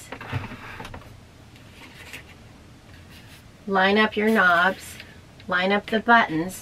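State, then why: Not seated. A plastic filter shroud is lined up with the knobs and buttons on the base of a Dyson HP01 Hot Cool portable fan heater with air purifier before being pressed into place. Small, soft handling sounds come in the first couple of seconds, then someone talks. Nothing has seated or clicked yet.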